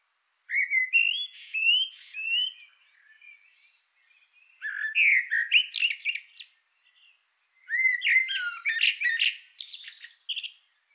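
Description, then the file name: Eurasian blackbird delivering three separate song phrases, each a low melodious warble breaking into high scratchy twitter, with short pauses between them. "Turdus merula"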